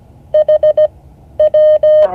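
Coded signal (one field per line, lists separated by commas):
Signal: Morse code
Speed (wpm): 17 wpm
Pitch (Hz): 610 Hz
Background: none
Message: HW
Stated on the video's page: Morse code class session.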